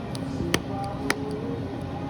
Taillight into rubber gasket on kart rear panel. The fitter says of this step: and it just pops into place.